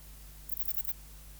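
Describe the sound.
Ephippiger cunii bush-cricket: a single Ephippiger cunii chirp, a few sharp, high, scratchy pulses in quick succession, set against a steady low drone.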